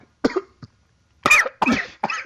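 A man has a coughing fit on air during a heated radio discussion: a rapid run of harsh, explosive coughs, four strong bursts and one small one within about two seconds, with barely a pause between them, heard in a quiet indoor room.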